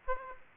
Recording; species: mosquito wingbeat signal from an infrared sensor; Aedes aegypti